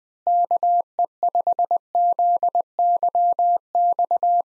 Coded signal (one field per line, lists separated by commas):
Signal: Morse code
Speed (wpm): 20 wpm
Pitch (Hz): 700 Hz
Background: none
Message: KE5ZYX